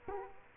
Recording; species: mosquito wingbeat signal from an infrared sensor; Culex quinquefasciatus